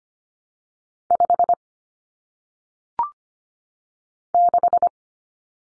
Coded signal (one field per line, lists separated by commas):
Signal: Morse code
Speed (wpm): 25 wpm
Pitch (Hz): 700 Hz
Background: none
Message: 5 6